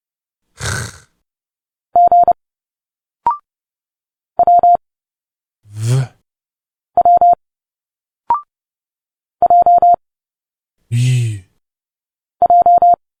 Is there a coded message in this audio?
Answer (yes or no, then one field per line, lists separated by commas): yes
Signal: Morse code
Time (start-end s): 2.0-12.9 s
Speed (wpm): 30 wpm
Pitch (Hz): 700 Hz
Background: none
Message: G W W J J